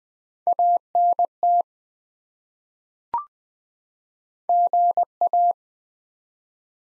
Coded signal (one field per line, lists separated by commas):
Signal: Morse code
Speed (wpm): 20 wpm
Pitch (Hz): 700 Hz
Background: none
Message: ANT GA